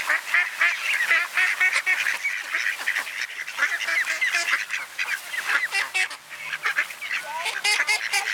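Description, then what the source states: Ducks in a loud chorus, rapid harsh nasal calls, overlapping and continuous. Ducks at a pond (mlaka) in Borov gozdiček, a small pine grove.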